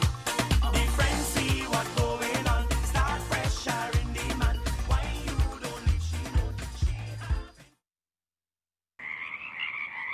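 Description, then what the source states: Pacific chorus frogs calling in a dense, rhythmic chorus of overlapping croaks, then a short silent gap. Chorus rising and falling above a stiff breeze in a marsh in unceded Wasanuk Territory.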